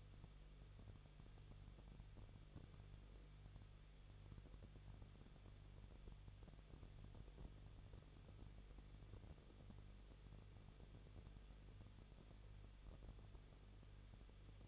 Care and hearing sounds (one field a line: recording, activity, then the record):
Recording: daily activity, microphone in the room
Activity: no activity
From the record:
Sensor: 4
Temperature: 23.1 degrees Celsius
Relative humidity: 34.0%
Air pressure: 1007.2 hPa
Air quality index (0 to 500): 216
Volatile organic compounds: 15 ppm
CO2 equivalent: 2499 ppm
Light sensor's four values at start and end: 2/3/1/1 and 2/3/1/1